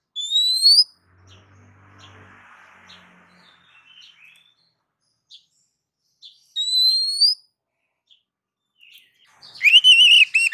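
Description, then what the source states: Oriental magpie-robin gives two clear rising whistles several seconds apart, then a burst of fast warbled notes at the end. Female oriental magpie-robin (kacer) calling to a male.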